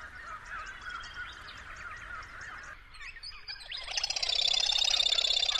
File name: BIRD austr grebe